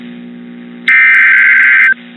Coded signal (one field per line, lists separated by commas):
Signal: Emergency Alert System (SAME) tones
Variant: header bursts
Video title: THE MADNESS OF STORMS... (Part 2) || EAS Alerts from March & April (EAS #75 - #93)